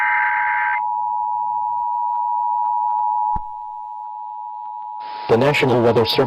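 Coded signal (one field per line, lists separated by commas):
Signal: Emergency Alert System (SAME) tones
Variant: 853 and 960 Hz attention tone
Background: speech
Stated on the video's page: Fictional EAS scenarios.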